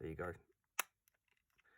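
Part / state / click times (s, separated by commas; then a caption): slot car body onto chassis / seated / 0.8 s. Someone talks, then the plastic body of a Scalextric Austin Mini Cooper C76 slot car is pushed gently back onto its chassis at its two connection points. A sharp click snaps home at 0.8 s, and the body is seated, back together and sturdy.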